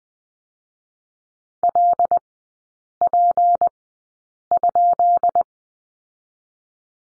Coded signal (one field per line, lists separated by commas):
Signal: Morse code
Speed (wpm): 20 wpm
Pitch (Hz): 700 Hz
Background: none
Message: LP?